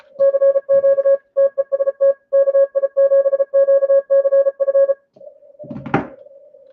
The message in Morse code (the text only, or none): CQ TEST KI7QCF